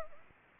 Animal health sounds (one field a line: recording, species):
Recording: mosquito wingbeat signal from an infrared sensor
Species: Anopheles arabiensis